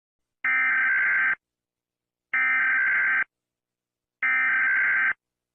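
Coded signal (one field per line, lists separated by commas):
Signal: Emergency Alert System (SAME) tones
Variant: header bursts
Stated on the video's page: Fictional lockdown scenario, not a real alert.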